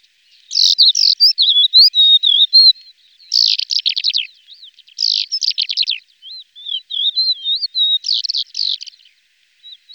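Lesser short-toed lark song: bursts of rapid buzzy rattles alternating with thin twisting whistles, phrases separated by short gaps over ten seconds.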